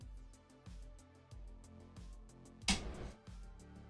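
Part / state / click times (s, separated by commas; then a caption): plastic tool-less latch on a PC motherboard / seated / 2.7 s. A plastic tool-less latch on a PC motherboard is pushed into place during a PC build and snaps home with one sharp click at 2.7 seconds. Steady background music with plucked strings plays throughout, and the latch is seated.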